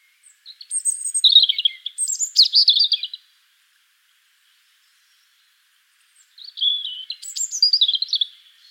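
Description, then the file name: European robin delivering a sweet warbled phrase with high thin whistles, silence for about three seconds, then a second similar tumbling phrase. "Erithacus rubecula"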